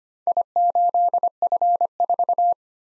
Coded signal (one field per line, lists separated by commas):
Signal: Morse code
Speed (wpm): 25 wpm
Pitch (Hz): 700 Hz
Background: none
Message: I8F4